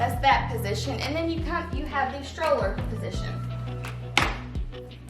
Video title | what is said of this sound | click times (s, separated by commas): Doona Car Seat Stroller - Is it worth it? | can feel it it locks into place very well so | 4.2 s